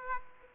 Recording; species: mosquito wingbeat signal from an infrared sensor; Aedes aegypti